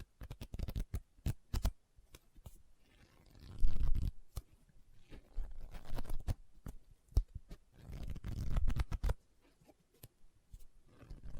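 Sharp taps on a book come in quick clusters, with dry scratching and rustling between them. Twice, around four and eight seconds, a louder, lower shuffling swell rises, like pages being handled and turned, before the tapping resumes.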